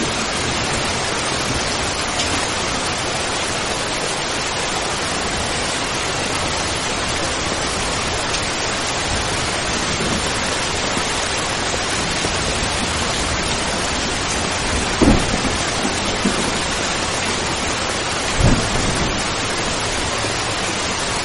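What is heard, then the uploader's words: Steady, dense rain hisses along a muddy roadside, mixed with wind stirring leaves. The wash stays even from start to finish, bright and full. Two brief louder knocks or gusts stand out, around fifteen seconds and again near eighteen and a half. On the side of the muddy road, the sound of rain mixed with the sound of wind blowing leaves.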